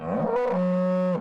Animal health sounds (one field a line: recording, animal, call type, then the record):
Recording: contact call of a hoofed animal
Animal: cattle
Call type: low-frequency (closed-mouth) or high-frequency (open-mouth) call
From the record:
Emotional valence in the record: negative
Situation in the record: full separation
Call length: 1.21 s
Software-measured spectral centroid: 1010 Hz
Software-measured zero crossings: 850 a second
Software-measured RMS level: -24 dBFS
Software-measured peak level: -14 dBFS